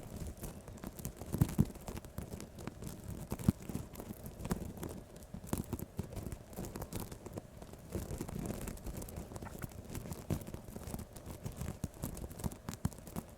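Ear-to-ear tapping, scratching and brushing: a dense, unbroken stream of small rustling scrapes and soft taps, mostly low and muffled. Sharper taps stand out now and then, around the second and fourth seconds, while the texture stays busy and fairly even throughout.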